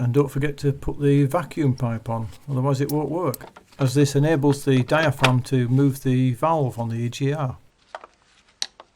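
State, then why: Seated. Someone talks while an electrical connector is pushed back onto its socket on an engine sensor or valve, during EGR and intake manifold refitting on a Jaguar X-Type 2.0L diesel; the connector only goes on one way. After the talking stops, a few faint ticks are followed by a single sharp, loud click at 8.6 s as the connector seats into place.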